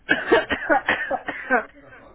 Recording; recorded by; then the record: voluntary cough; telephone call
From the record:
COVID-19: negative